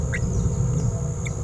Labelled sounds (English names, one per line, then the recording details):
Green-rumped Parrotlet babbling
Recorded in a nest box in Venezuela
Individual 18B17A3